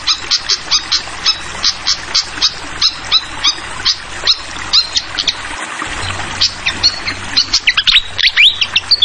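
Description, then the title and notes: Fantail song opening with a fast run of evenly spaced sharp chirps, then tangled twittering and rising whistles, over a faint trickling hiss. Tutoring recording (masteran) for training songbirds, clear voice, mixed with the sound of flowing water. "Masteran Sikatan Kipas Suara Jernih Dan Suara Gemericik Air. Suara Burung Sikatan Londo"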